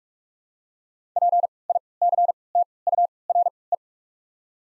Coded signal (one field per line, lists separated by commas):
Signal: Morse code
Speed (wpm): 47 wpm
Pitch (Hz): 700 Hz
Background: none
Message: P I C T U R E